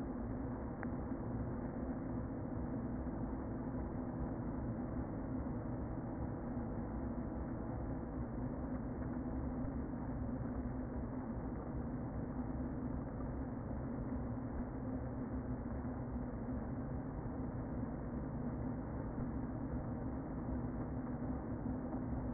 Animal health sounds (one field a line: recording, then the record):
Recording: honeybee colony, microphone inside the hive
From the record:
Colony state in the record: queen present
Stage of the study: before two queens were removed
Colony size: about 60,000 bees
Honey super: yes